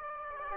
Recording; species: mosquito wingbeat signal from an infrared sensor; Aedes aegypti